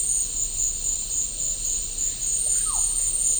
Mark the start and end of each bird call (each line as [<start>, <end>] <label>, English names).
[2.45, 3.06] Russet-backed Oropendola